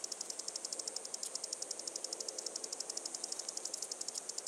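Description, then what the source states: Cicada producing a steady series of high, rattling buzz pulses in quick succession over a hissing background. Recorded in Arizona.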